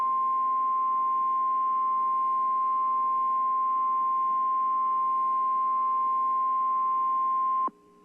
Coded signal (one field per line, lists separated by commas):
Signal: Emergency Alert System (SAME) tones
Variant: 1050 Hz attention tone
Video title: Real EAS #304 - Required Weekly Test